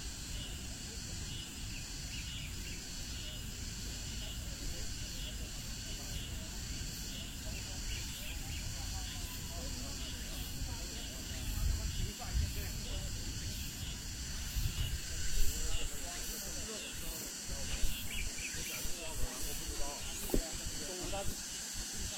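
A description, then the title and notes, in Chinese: Cicadas sing after rain, a dense, steady buzzing shrill that fills the upper range throughout, pulsing with regular rapid beats. Low rumble and scattered knocks underneath grow busier after about eleven seconds, with louder bursts near twelve, fifteen and eighteen seconds. 坐落在南京紫金山独龙阜玩珠峰下，东毗中山陵，南临梅花山。南京明孝陵的雨后蝉鸣。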